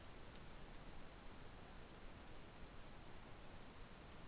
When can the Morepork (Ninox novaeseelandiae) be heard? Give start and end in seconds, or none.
none